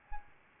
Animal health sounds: mosquito wingbeat signal from an infrared sensor; Aedes albopictus

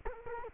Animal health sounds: mosquito wingbeat signal from an infrared sensor; Culex quinquefasciatus

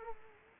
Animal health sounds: mosquito wingbeat signal from an infrared sensor; Culex quinquefasciatus

